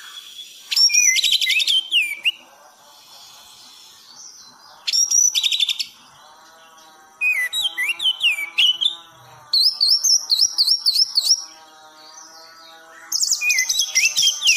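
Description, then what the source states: Thrush song in repeated bursts of chattering notes and wavering whistles, separated by quiet gaps, with a faint low hum throughout. Masteran song for tutoring cage birds; song style called gacor teler.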